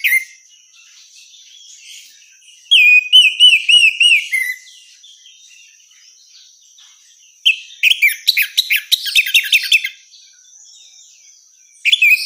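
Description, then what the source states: Orange-headed thrush singing a run of repeated rising whistled notes, then a denser burst of fast chirps, a brief phrase returning at the end; steady thin whine behind. Female; recording made as a therapy or training sound.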